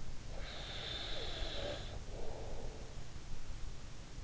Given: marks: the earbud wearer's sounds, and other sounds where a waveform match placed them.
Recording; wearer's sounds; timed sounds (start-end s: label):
sounds in sleep by an in-ear microphone; breath
0.32-3.04 s: breath